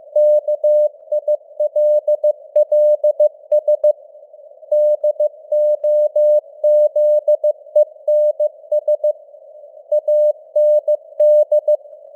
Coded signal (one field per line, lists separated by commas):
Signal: Morse code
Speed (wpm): 15 wpm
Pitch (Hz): 600 Hz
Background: none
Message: KILLS DOZENS AND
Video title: Morse Code News | 2026-01-02 | 15wpm